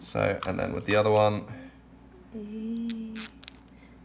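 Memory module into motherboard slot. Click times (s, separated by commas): 3.4 s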